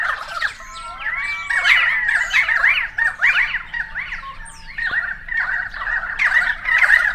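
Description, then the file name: Several currawongs give loud squawking calls mixed with rising and falling whistled glides, overlapping throughout. Several currawongs, recorded 28 May 2013. "130528 Currawongs"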